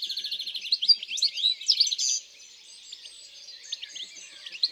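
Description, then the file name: European greenfinch singing a fast repeated trill into quick twittering notes, fading to softer, scattered chirps after two seconds. In the countryside. "Verdier-d Europe-Chants-doiseaux-dans-la-campagne"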